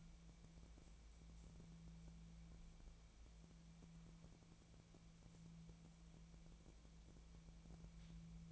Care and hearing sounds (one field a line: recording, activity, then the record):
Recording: daily activity, microphone in the room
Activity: wipe stove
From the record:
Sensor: 1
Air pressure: 1000.5 hPa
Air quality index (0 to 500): 183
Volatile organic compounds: 4 ppm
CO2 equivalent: 1687 ppm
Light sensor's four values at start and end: 13/32/13/16 and 13/32/13/15